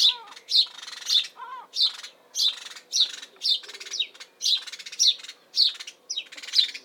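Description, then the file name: House sparrow chirping, a series of short bright harsh chirps repeated roughly twice a second, with a faint low hum beneath. Recorded in spring in Suffolk, UK; chirping calls. "Bird House-Sparrow UKSuffolk Spring Calls Chirp"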